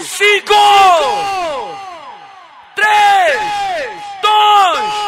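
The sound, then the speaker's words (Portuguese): A crowd of voices at a live band's show in Paragominas on 31.10.2021 shouts and cheers together in loud bursts, many overlapping cries sliding downward in pitch, breaking off briefly and surging again about three or four times. “… até de manhã, dá-lhe um grito!”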